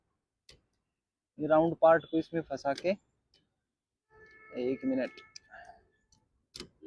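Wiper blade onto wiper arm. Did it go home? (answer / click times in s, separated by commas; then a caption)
yes / 6.6 s. The round part of a wiper arm is hooked into the wiper blade's adapter and pushed upward until the blade locks onto the arm. Someone talks, with soft handling sounds and a few faint ticks. A short, sharp click at 6.6 s marks the blade locking into place.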